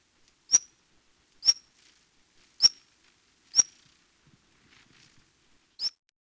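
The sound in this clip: Blue-throated hummingbird giving sharp, very high single chip notes, five in about six seconds at uneven intervals, in otherwise quiet surroundings.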